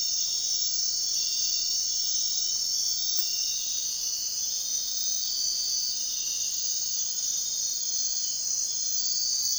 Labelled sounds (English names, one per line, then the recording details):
none
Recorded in dense forest near Puerto Asís, Putumayo, Colombia, on 13 March 2025 at 02:30
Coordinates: 0.499, -76.324
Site GP03